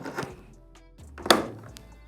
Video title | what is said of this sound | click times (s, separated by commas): Sony X80K 4K Television Unboxing And Setup | now one thing about the tv this year they kept the same feet and they just snap into place like this | 1.3 s